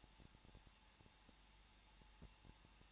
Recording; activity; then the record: daily activity, microphone in the room; no activity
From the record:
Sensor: 1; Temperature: 20.0 degrees Celsius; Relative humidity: 39.5%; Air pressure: 1006.4 hPa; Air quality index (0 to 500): 220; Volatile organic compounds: 83 ppm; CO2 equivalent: 3635 ppm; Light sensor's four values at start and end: 1/2/1/1 and 1/2/1/1